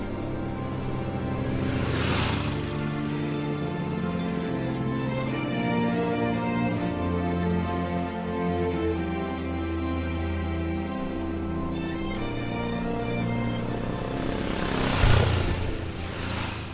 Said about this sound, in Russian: Мотоциклист едет через горы.